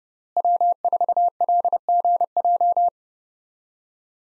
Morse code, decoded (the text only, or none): W4LGJ